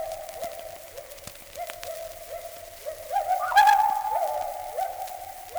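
Gibbon call: a loud series of rising whoop notes repeated rapidly, building to a climax with higher swooping notes near the middle, then continuing steadily.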